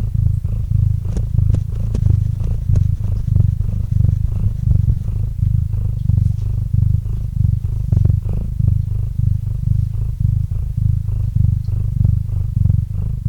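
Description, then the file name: Cat purr: low vibrating rumble, slightly uneven, with breath pulses roughly twice a second and small clicks over it. Domestic cat named Murchik purring into a microphone. "Kot Murchik - Murchanie kota kot murchal v mikrofon"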